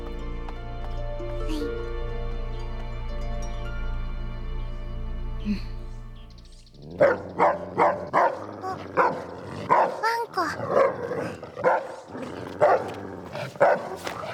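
A low steady hum fills the first few seconds, then a dog that barks at and bites anyone breaks into a rapid series of sharp, loud barks that continue in an uneven rhythm to the end.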